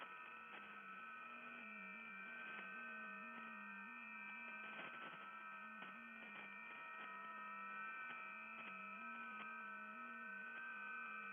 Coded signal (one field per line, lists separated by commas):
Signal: FT8